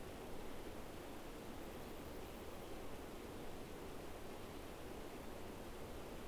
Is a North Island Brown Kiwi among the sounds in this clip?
no